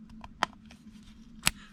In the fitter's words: you'll hear it snap